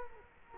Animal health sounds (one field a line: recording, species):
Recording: mosquito wingbeat signal from an infrared sensor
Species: Culex quinquefasciatus